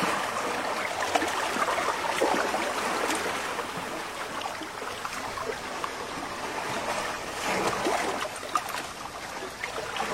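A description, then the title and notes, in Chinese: Waves wash in with a steady, dense hiss of churning water, bright. The sound swells slightly around two to three seconds and again near eight seconds as water surges, then settles back into a constant foamy rush. 帮助入睡的浪潮。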